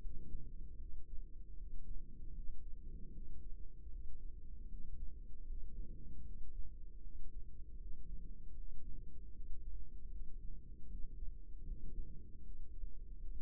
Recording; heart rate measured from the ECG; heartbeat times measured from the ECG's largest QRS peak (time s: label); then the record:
heart sounds by microphone in the right ear; 77 bpm
0.77 s: heartbeat
1.55 s: heartbeat
2.32 s: heartbeat
3.11 s: heartbeat
3.89 s: heartbeat
4.67 s: heartbeat
5.45 s: heartbeat
6.23 s: heartbeat
7.01 s: heartbeat
7.78 s: heartbeat
8.54 s: heartbeat
9.32 s: heartbeat
10.09 s: heartbeat
10.87 s: heartbeat
11.64 s: heartbeat
12.42 s: heartbeat
13.18 s: heartbeat
From the record:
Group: healthy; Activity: rest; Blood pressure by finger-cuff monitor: 104/75 mmHg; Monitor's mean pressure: 85 mmHg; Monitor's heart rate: 78 bpm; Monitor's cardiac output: 5.6 L/min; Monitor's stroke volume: 72 mL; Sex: female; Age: 32 years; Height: 172 cm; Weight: 71.7 kg